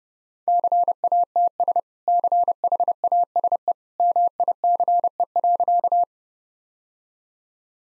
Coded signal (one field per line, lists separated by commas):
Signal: Morse code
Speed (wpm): 30 wpm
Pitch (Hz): 700 Hz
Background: none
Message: CATS CHASE MICE.